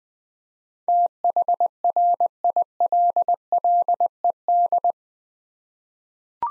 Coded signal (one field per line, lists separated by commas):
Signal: Morse code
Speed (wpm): 20 wpm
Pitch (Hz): 700 Hz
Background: none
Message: THRILLED